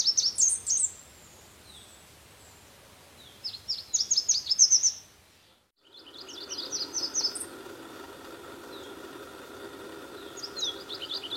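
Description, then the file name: Red warbler singing bursts of high, thin, slurred notes in rapid series, with a brief silence midway and a steady low hum underneath afterward. "Canto do mariquita vermelha"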